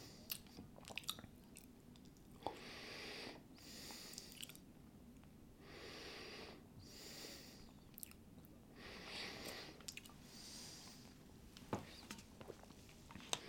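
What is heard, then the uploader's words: Chips being eaten with soda: a steady run of crisp crunches and small clicks over a low murmur. Bright, hissy bursts lasting about a second swell up every couple of seconds, and sharp snaps stand out near the start and around 12 seconds. Chips & Soda.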